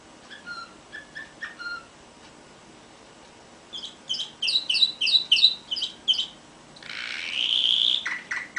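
Canary song opening with a few spaced whistles, then a fast repeated chirping trill, followed by a burst of rushing noise and more chirps.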